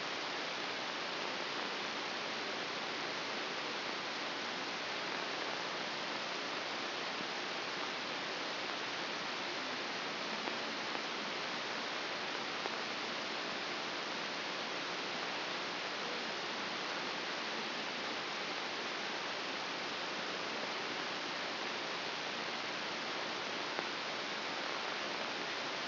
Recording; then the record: brain microelectrode recording played as sound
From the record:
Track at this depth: inside the subthalamic nucleus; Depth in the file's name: 2.035 mm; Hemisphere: left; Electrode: 3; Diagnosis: Parkinson's disease